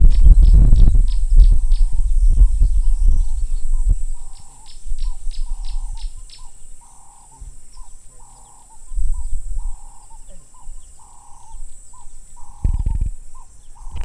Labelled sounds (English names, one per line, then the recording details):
Green-backed Camaroptera
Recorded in Lake Mburo, Uganda